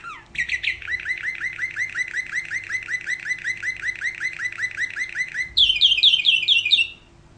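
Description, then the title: Canary delivering a long, steady rolling trill of rapid repeated notes for about five seconds, then switching to a higher trill before stopping. "Kenari"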